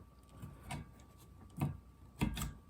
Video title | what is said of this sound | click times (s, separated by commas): How to replace windshield wiper blades on a car | Pull that up, hear that click, put it back down, remove your protective wood, and | 2.2 s